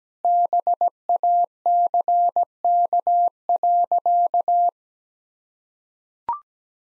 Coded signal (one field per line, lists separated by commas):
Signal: Morse code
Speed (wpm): 17 wpm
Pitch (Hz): 700 Hz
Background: none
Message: BACK.